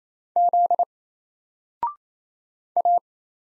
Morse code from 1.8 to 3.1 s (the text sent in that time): A